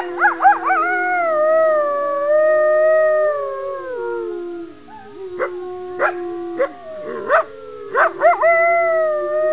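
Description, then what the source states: Coyote howls glide and hold long wavering notes, then break into scattered sharp yips in the second half, with a steady low tone running underneath. Chorus howling by several coyotes.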